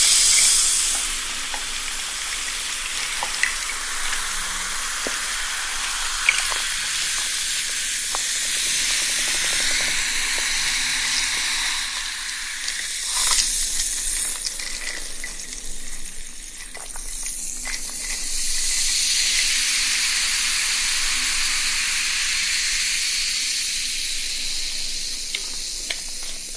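Sparkling soda water fizzes with a steady, dense hiss of tiny popping bubbles, bright and high with little low end. The fizz dips slightly around 12 and 16 seconds before swelling back, and small clicks and pops scatter throughout.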